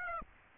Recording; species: mosquito wingbeat signal from an infrared sensor; Aedes aegypti